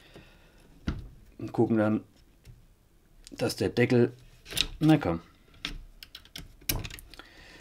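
Someone talks while handling the bolt housing cover, held by a pin, on a Baikal MP-161K semi-automatic rimfire rifle, pressing the cover on. Short, sharp knocks and taps cut through the talk, the loudest cluster near the end. Nothing has seated or clicked into place yet.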